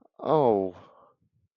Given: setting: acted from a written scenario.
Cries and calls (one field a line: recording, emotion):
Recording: vocal sound without words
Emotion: sympathy